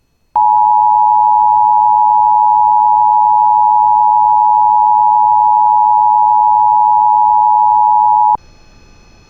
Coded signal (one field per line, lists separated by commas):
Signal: Emergency Alert System (SAME) tones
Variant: 853 and 960 Hz attention tone